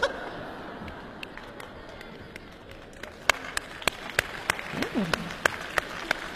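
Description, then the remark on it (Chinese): Audience applause at a comedy crosstalk show, coming from both sides of the audience, starting as a soft wash of clapping and crowd murmur, then breaking into sharp, scattered individual claps that grow louder and more distinct, with a brief voice sounding partway through. “哎，这波观众怎么回事？怎么两头鼓掌啊？”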